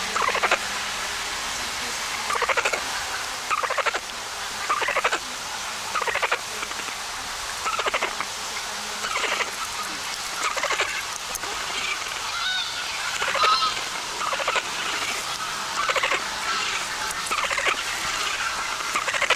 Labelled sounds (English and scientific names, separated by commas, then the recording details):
Northern Bald Ibis (Geronticus eremita) call
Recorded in captivity
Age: subadult
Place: Konrad-Lorenz-Forschungsstelle, Almtal, Oberösterreich, AT
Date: 1999-11-13 15:28
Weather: bedeckt, 5°C
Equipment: Sony WM-D6C, Sennheiser ME 80, Kopie Uher 4000 Report Monitor
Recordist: Tembrock, Günter